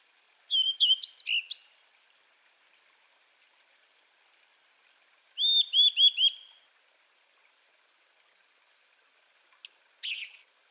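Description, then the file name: Blue-and-white flycatcher song: a short whistled phrase, then a rapid series of repeated notes several seconds later, and a brief burst near the end. "cyanoptila cyanomelana twitter"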